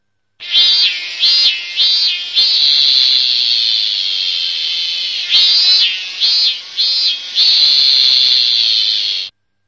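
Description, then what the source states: Cicada calling in harsh, high, wavering bursts: short swelling pulses alternating with long sustained stretches, with nothing else audible. Harsh, distant cicada call.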